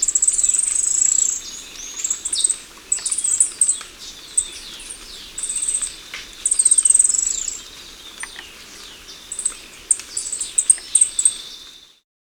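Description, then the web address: Pearled treerunner calls: very high, thin, rapid trills and sharp chips in quick bursts, running almost continuously against a soft background hiss. Recorded in Ecuador. "S America Birds of Ecuador. Pearled Treerunner"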